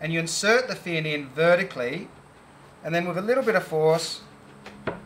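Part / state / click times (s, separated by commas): surfboard fin into fin box / seated / 4.9 s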